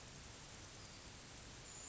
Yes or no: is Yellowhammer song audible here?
no